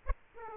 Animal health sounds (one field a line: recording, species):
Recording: mosquito wingbeat signal from an infrared sensor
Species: Aedes aegypti